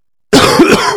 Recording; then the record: coughing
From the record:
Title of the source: Coughing 46